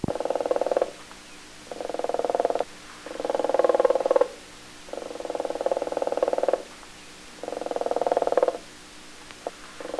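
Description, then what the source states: Flamingo calls: a steady series of buzzy, pulsed bursts, each one to two seconds long, separated by short pauses. Flamingo brood.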